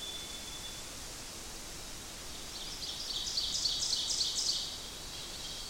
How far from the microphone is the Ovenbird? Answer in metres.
about 35 m